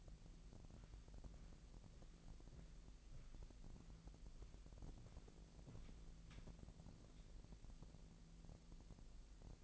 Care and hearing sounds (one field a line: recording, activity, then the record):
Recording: daily activity, microphone in the room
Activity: walk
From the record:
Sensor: 5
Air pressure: 1002.2 hPa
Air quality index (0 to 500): 236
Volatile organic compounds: 25 ppm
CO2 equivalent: 2830 ppm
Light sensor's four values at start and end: 31/73/30/33 and 31/73/30/33